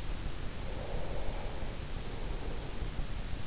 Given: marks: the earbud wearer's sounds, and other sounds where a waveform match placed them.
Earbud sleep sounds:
sounds in sleep by an in-ear microphone; breath
0.69-3.28 s: breath

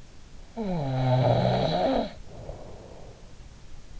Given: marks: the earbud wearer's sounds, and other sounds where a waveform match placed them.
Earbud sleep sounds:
sounds in sleep by an in-ear microphone; snoring breath
0.47-3.34 s: snoring breath

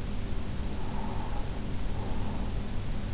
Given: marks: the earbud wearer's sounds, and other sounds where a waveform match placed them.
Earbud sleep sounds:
sounds in sleep by an in-ear microphone; breath
0.32-3.12 s: breath

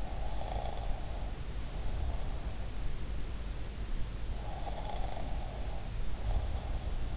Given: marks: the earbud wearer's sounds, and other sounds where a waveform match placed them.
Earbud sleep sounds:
sounds in sleep by an in-ear microphone; breath
0.00-2.66 s: breath
4.43-6.87 s: breath

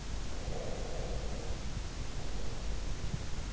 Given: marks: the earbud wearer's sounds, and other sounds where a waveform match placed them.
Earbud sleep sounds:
sounds in sleep by an in-ear microphone; breath
0.43-3.22 s: breath

